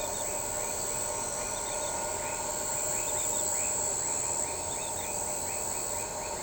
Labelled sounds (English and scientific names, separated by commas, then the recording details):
none
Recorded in shrubland near Pivijay, Magdalena, Colombia, on 16 April 2023 at 01:30
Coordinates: 10.453, -74.365
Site P5-G022